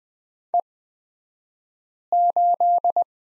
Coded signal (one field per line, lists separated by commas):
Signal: Morse code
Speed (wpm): 20 wpm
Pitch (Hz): 700 Hz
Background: none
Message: E8